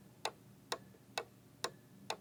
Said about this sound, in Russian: Стояла такая тишина, что было слышно, как тикают часы мистера Уонка.